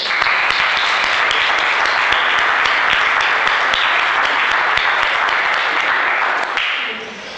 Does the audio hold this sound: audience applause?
yes